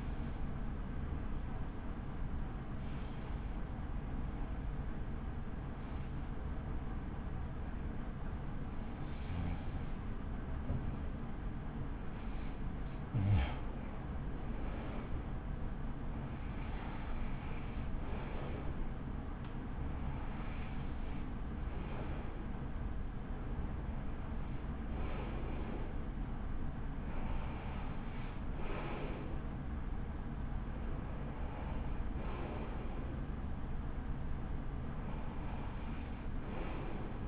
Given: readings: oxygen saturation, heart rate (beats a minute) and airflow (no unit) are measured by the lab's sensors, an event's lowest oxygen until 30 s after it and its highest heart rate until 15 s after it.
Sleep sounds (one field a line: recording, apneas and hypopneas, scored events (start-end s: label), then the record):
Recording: breathing in sleep by a smartphone at the bedside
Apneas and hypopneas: 1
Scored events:
5.00-21.90 s: hypopnea (REM, oxygen 92% highest, then 89% lowest, heart rate 56 at the start, 76 highest)
From the record:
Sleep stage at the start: REM sleep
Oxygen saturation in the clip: 89 to 93%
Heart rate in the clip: 52 to 76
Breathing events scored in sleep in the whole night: 83 in 6.1 hours asleep